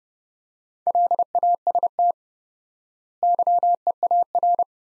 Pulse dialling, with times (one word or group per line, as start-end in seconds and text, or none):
none